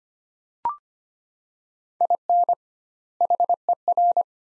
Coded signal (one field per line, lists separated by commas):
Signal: Morse code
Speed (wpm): 25 wpm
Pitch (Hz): 700 Hz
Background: none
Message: IN HER